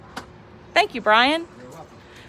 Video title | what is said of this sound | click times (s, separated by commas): 2011 Puma 31KBHSS travel trailer (Stock #TT12882) walk thru | push in on your arms to make sure they snap into place for locking and again make sure those knots are tight | 0.2 s